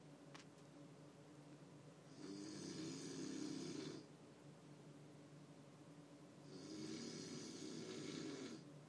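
Two long, rough, fluttering snores on inhaled breaths, about 2 seconds each and roughly 4.5 seconds apart, about 13 breaths a minute, from an adult friend asleep in a quiet hotel room. Quiet breathing fills the gaps. This is ordinary snoring.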